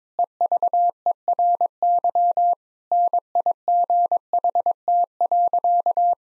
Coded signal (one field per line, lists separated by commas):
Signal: Morse code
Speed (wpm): 22 wpm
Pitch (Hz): 700 Hz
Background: none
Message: EVERY NIGHT.